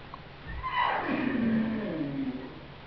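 Whale call, a single drawn-out moan that slides downward from a higher tone into a low, wavering hum over about two seconds.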